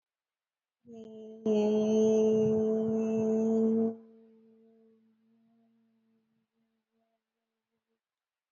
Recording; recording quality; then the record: sustained vowel as in made; moderate, slight background noise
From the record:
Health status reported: COVID-19 positive, moderate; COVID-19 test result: positive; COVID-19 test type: RT-PCR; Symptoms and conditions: cough, sore throat, fever, muscle pain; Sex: female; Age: 30 years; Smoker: no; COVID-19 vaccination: both doses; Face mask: worn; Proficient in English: yes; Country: India